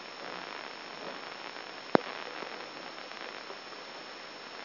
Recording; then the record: brain microelectrode recording played as sound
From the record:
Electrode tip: inside the subthalamic nucleus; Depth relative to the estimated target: -2.5 mm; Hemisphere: left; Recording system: AlphaMap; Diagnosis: Parkinson's disease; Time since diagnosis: 14 years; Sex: male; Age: 66 years